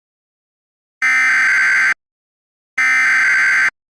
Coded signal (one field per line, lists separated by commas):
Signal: Emergency Alert System (SAME) tones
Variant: header bursts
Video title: EAS Recreation Mock: HOLY CRAP ANOTHER ONE! (remake)